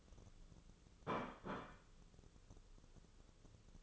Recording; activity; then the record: daily activity, microphone in the room; place plate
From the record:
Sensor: 4